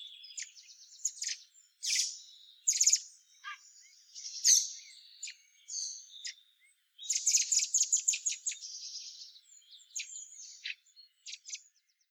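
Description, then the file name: Common blackbird calls: irregular high chips and squeaky notes over twelve seconds, with a fast stuttering series near the middle and scattered thin whistles afterward. "Turdus merula"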